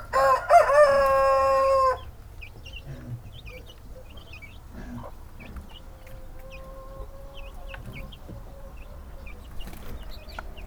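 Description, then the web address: Chicken: rooster giving a loud, ringing crow with a stuttering start, lasting about two seconds, followed by quiet high chirps against a low hum. Farmyard recording of Hungarian-breed chickens: rooster with chicks. "allathangok parasztudvar csibe magyartyuk olajtokinyitasa kakasdiszno autoforgalom"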